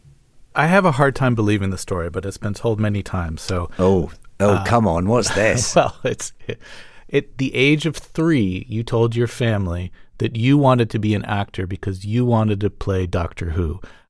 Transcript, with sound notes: I have a hard time believing the story, but it's been told many times, so...
Oh. Oh, come on. What's this?
(Laughter) Well, it's at the age of 3, you told your family that you wanted to be an actor because you wanted to play Doctor Who.